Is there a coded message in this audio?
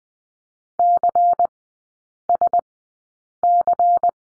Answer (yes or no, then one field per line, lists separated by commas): yes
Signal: Morse code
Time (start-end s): 0.8-4.1 s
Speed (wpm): 20 wpm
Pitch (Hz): 700 Hz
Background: none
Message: CSC